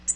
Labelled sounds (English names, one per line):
Tennessee Warbler flight call